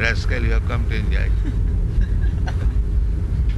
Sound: laughter

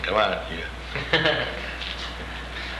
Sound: laughter

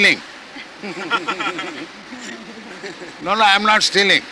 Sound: laughter

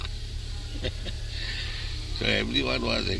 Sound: laughs

